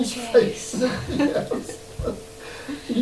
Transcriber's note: laughs